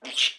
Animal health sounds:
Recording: pig call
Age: piglet (1 to 25 days)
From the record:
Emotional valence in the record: negative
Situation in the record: restrain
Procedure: in the arms of a person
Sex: female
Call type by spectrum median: high-frequency call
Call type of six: mixed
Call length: 0.39 s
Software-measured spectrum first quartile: 2807 Hz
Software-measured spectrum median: 3261 Hz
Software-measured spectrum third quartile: 3859 Hz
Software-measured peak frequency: 2834 Hz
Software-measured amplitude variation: 188 dB a second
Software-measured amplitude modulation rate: 21.9 a second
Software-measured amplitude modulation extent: 8.6 dB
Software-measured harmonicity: 4.7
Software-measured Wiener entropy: -2.10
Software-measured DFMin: 1498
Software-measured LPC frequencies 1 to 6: 674, 2892, 3432, 5679, 6356, 7365 Hz

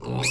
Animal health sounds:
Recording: pig call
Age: weaner (32 to 43 days)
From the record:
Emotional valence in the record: negative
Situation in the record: novel object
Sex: female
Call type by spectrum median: low-frequency call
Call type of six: mixed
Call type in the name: high-frequency modulated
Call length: 0.30 s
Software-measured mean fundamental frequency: 107 Hz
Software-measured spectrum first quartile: 278 Hz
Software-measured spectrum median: 2119 Hz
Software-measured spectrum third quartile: 4408 Hz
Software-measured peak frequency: 2548 Hz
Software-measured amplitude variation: 91 dB a second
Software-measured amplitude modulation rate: 24.6 a second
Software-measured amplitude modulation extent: 3.7 dB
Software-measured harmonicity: 2.0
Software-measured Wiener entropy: -3.43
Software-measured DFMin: 714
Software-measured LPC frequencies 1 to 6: 2517, 3740, 4261, 4839, 5524, 6992 Hz

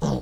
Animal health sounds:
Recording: pig call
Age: piglet (1 to 25 days)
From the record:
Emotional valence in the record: negative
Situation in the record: long isolation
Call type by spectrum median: low-frequency call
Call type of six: low-frequency stable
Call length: 0.22 s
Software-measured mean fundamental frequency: 50 Hz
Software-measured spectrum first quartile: 167 Hz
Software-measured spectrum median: 314 Hz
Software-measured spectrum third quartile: 783 Hz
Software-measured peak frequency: 163 Hz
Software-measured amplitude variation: 102 dB a second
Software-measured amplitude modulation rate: 20.8 a second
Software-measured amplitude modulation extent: 4.9 dB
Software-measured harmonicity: 2.7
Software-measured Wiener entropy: -0.81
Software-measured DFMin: 1432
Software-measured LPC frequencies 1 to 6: 3182, 3756, 4539, 5448, 5894, 6454 Hz

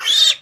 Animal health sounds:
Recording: pig call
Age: piglet (1 to 25 days)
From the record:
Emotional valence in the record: negative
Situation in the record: long isolation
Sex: female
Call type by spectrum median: high-frequency call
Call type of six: high-frequency modulated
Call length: 0.42 s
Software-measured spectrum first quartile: 3486 Hz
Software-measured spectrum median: 3778 Hz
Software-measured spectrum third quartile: 4981 Hz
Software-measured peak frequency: 3635 Hz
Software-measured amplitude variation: 188 dB a second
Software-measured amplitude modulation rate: 22.5 a second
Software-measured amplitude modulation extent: 8.3 dB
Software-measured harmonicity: 9.2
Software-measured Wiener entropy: -2.97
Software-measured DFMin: 1008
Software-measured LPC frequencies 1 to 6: 1802, 3312, 3657, 4426, 5256, 6774 Hz

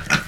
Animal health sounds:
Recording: pig call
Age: piglet (1 to 25 days)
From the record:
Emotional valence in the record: positive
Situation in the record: reunion after long isolation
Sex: male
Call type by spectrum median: low-frequency call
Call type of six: low-frequency tonal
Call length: 0.28 s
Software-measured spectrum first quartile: 946 Hz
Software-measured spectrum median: 1730 Hz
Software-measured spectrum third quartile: 3217 Hz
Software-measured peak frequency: 1438 Hz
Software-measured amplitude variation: 227 dB a second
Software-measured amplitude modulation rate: 19.7 a second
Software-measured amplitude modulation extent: 11.5 dB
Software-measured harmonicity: 1.2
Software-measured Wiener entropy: -1.30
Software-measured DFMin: 634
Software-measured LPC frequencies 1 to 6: 1436, 2527, 3418, 4047, 5691, 6494 Hz

